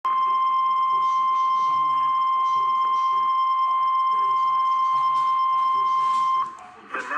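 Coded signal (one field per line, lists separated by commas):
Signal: Emergency Alert System (SAME) tones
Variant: 1050 Hz attention tone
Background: speech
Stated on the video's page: NOAA Weather Radio tornado warning alert for Blount County, Alabama.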